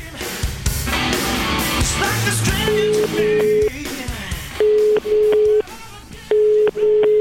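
A telephone ringback tone sounds over the line of a taped phone conversation: steady, mid-pitched beeps in repeated bursts with short gaps, following a brief stretch of muffled, noisy line sound at the start.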